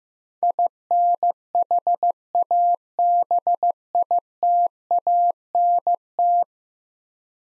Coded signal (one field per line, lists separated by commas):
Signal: Morse code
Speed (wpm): 15 wpm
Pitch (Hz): 700 Hz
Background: none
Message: INHABITANT